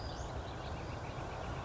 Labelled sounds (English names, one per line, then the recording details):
Western Flycatcher
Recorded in Sonoma County, California